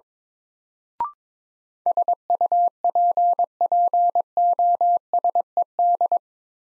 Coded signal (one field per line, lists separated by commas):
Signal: Morse code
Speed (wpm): 21 wpm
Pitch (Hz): 700 Hz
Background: none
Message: SUPPOSED